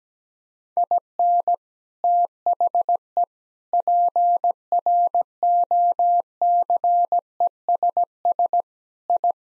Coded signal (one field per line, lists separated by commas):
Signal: Morse code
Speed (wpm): 17 wpm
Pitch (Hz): 700 Hz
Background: none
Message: IN THE PROCESS I